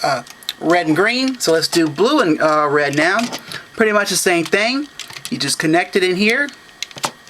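Someone talks while a blue plastic toy train car is pushed into the connector on a red train car to combine them into a robot. A few brief plastic handling taps come near the end, around 6.8 to 7.0 seconds. Nothing has snapped or seated yet.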